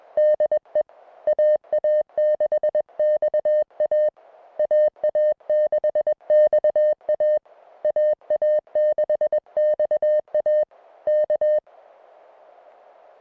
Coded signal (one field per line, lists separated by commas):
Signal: Morse code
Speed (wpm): 22 wpm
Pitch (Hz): 590 Hz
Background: music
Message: DE AA6XA AA6XA AA6XA K